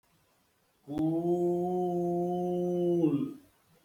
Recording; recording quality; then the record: sustained vowel as in boot; excellent, no background noise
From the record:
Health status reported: healthy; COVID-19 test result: negative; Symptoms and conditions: diabetes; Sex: male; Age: 54 years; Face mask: not worn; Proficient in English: yes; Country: India